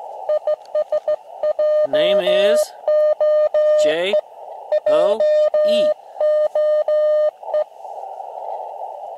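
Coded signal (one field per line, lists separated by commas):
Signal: Morse code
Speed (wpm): 15 wpm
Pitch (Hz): 610 Hz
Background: speech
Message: IS JOE JOE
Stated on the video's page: QRP CW contacts from a lakeside campsite on an Elecraft KX2 with an end-fed antenna in a tree.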